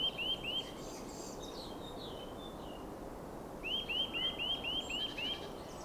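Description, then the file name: Eurasian nuthatch calls: quick runs of upslurred whistled notes, a short burst at the start and a longer run later, over constant background hiss. "Sitta europaea"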